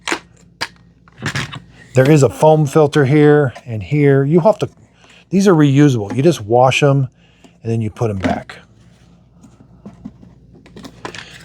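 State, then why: Seated. A reusable filter is put back into the plastic housing of a Shark Vertex Pro IZ662H stick vacuum after washing, bottom first, then rotated. Someone talks, then a few small plastic taps and scrapes follow. The filter twists and clicks into place at 11.1 s.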